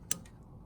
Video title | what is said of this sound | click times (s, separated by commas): LASFIT LED Switchback Turn Signal for Wrangler JK/JKU | just plug and play clicks | 0.1 s